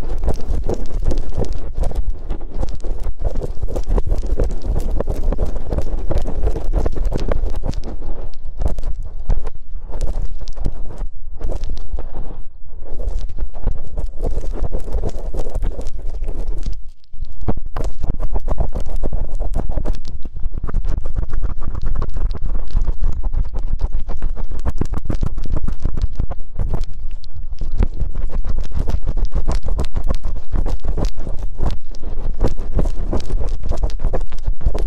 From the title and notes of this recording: High-frequency trigger sound, strong numbing and stress-relieving ear cleaning massage.